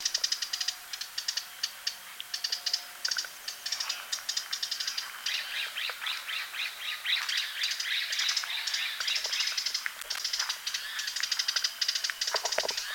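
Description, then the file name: Wrentit calling, a long run of rapid dry ticking notes that speeds into a dense chattering trill midway, then continues as sharp repeated clicks. "Chamaea fasciata - Wrentit"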